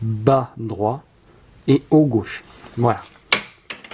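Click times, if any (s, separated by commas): 3.3 s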